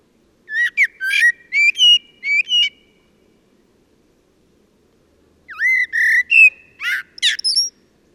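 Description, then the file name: Common blackbird singing short whistled phrases with twittery endings, a few in a row, a gap of a few seconds, then a longer, richer warbling phrase. "Turdus merula"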